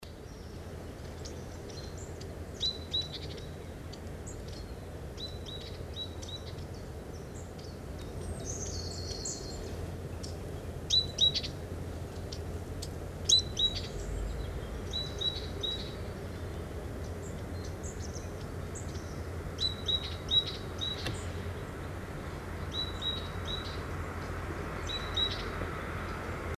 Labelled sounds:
Great Tit (Parus major) song, Eurasian Blue Tit (Cyanistes caeruleus), Common Chaffinch (Fringilla coelebs)
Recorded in the wild
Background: Cyanistes caeruleus, Fringilla coelebs
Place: Martigny, Kanton Wallis, CH
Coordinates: 46.1239, 7.08528
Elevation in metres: 462
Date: 1986-03-20
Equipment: Uher 4000 Report, Parabolreflektor 30 cm
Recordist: Tretzel, Erwin
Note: Rhôneufer bei Martigny: Gesang

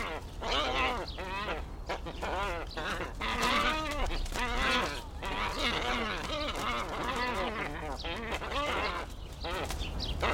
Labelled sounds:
Glossy Ibis (Plegadis falcinellus)
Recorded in captivity
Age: adult
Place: Tierpark Berlin, Berlin, DE
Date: 1994-04-08 13:01
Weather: heiter bis wolkig, ca. 8°C
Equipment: Marantz CP 430, Sennheiser ME 80, Kopie Uher Variocord 263
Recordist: Tembrock, Günter

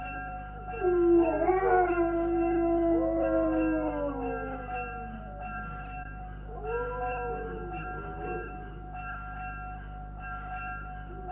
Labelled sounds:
Gray Wolf (Canis lupus) howling
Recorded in captivity
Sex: group
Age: adult
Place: Zoo Halle, Sachsen-Anhalt, DE
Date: 1957-03-04
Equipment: BG 19/2, RFT-Super 5 E 63, Kondensatormikrofon mit MVT 4050
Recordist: Heydecke, Rolf
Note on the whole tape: Gruppe mit 4 Tieren: Chorheulen ausgelöst durch Betriebsglocke

